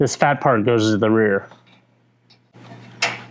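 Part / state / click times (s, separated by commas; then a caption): plastic fastener clip into fender liner hole / not seated / none. A plastic clip for a Rally Armor mud flap on a 2025 Toyota 4Runner is being lined up over a hole in the plastic fender liner, fat side to the rear, while someone talks. After the talk, quiet handling noises follow, including a brief sharper sound near 3.0 s. The clip ends before the part goes home, and nothing has seated or clicked yet.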